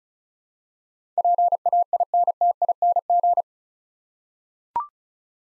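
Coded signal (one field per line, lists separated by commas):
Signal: Morse code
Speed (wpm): 36 wpm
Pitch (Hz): 700 Hz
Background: none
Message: PAINTING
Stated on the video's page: Head-copy drill of eight-letter words at 35 wpm, each word sent in Morse, spoken, then sent again.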